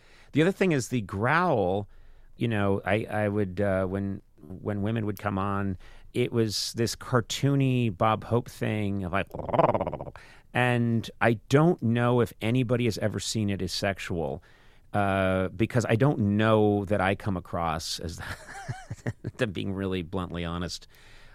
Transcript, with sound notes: The other thing is the growl, you know - I would - when women would come on, it was this cartoony Bob Hope thing of (growling). And I don't know if anybody has ever seen it as sexual because I don't know that I come across as - (laughter) I'm being really bluntly honest